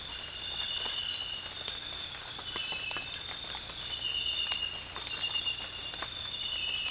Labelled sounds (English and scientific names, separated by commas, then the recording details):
none
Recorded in pastures near Puerto Asís, Putumayo, Colombia, on 16 December 2024 at 03:00
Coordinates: 0.466, -76.322
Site G040